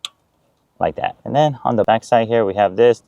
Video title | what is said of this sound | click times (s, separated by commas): Toyota Tacoma - Beat-Sonic Plug and Play Amplifier | So make sure you firmly push this in. You have to hear it click like | 0.1 s